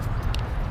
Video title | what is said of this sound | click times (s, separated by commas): Hubsan Zino 4K Camera Drone Review 🚁 | and they'll just lock into place in the back arms. | 0.3 s